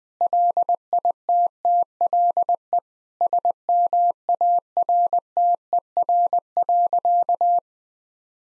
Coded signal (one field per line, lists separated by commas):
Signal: Morse code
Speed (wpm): 20 wpm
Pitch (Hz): 700 Hz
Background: none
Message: LITTLE SMARTER.